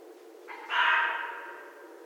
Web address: sounds mammals Red Fox 2012 01 14 Red Fox